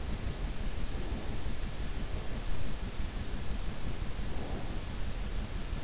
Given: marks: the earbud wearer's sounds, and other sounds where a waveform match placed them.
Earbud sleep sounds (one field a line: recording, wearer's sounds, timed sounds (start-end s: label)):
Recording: sounds in sleep by an in-ear microphone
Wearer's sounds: breath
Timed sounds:
0.00-1.91 s: breath
3.93-5.44 s: breath